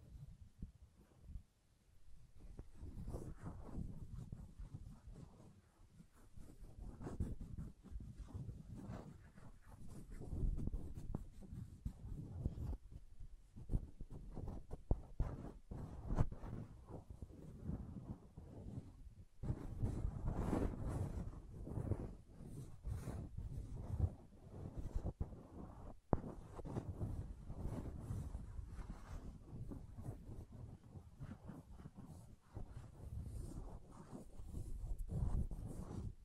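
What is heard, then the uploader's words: Wood triggers: dense, irregular knocks, taps and scrapes on wood, sitting mostly in the low and middle range with brighter clicks on top. The activity is nearly continuous, bunched into bursts with brief lulls near 2, 13, 19 and 26 seconds. ASMR Calming Wood Triggers for Sleep (No Talking).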